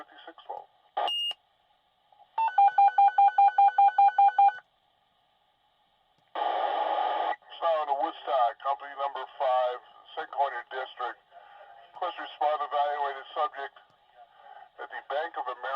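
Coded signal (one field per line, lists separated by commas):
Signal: pager alert tone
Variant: fire dispatch warble alert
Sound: brief beep, then fast high-low warbling tone for two seconds, then a radio voice dispatch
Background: radio voice dispatch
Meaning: Alerts firefighters to an incoming dispatch call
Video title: Fire Department Dispatch Pager Sound Effect | Emergency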